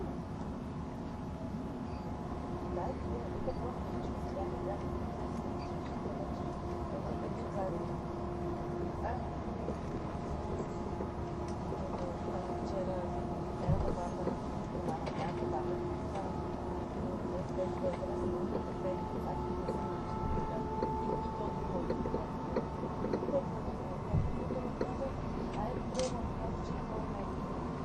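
Inside an ETR610 tilting EC train on the Gotthard route, a steady low rumble and hum continue throughout, with faint voices and occasional clicks.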